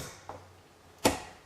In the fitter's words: You'll hear both sides click into place.